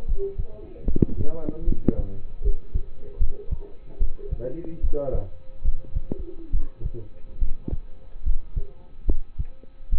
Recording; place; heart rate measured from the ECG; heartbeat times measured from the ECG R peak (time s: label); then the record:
heart sounds by stethoscope; between the tricuspid and mitral areas; 73 bpm
0.05 s: heartbeat
0.85 s: heartbeat
1.65 s: heartbeat
2.42 s: heartbeat
3.18 s: heartbeat
3.98 s: heartbeat
4.81 s: heartbeat
5.62 s: heartbeat
6.51 s: heartbeat
7.39 s: heartbeat
8.23 s: heartbeat
9.05 s: heartbeat
9.90 s: heartbeat
From the record:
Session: rest, lying down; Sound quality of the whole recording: partially saturated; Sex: male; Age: 27 years